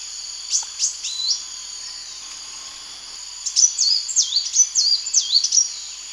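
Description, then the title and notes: Bird song: a few short whistles, a pause, then a burst of swooping looped whistles, with a continuous high buzzing drone throughout. "Bird Sound. Kicau Burung Lengkap"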